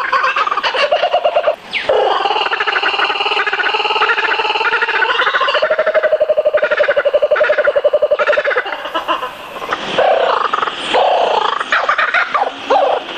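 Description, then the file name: Laughing kookaburra laughter, loud rolling cackles in fast repeated pulses, swelling into a raucous chorus with brief pauses near the start and toward the end. "waraikawasemi"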